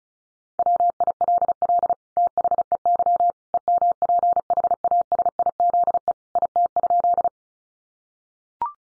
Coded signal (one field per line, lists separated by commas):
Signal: Morse code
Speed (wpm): 34 wpm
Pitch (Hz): 700 Hz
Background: none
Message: WILL THEY EMPHASIZE IT?